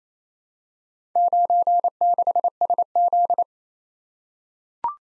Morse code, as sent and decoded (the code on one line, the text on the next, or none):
----. -.... ... --..
96SZ